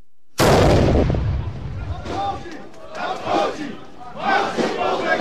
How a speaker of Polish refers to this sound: Kilka tysięcy osób wzięło udział w Marszu Niepodległości, który odbył się w Białymstoku, a sygnał do niego dał wystrzał armatni.